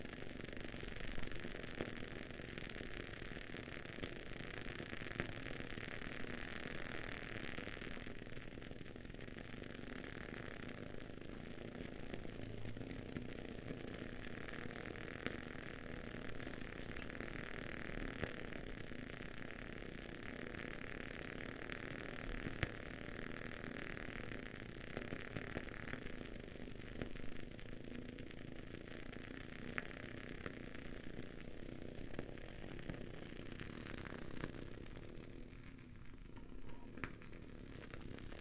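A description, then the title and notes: A wood wick candle crackles in a dense, steady stream of tiny pops over a low constant hiss, thinning slightly near the end. Crackling wood wick candle. Just the candle sound.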